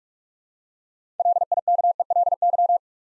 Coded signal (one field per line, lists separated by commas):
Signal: Morse code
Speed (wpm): 44 wpm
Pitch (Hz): 700 Hz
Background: none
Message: LIKELY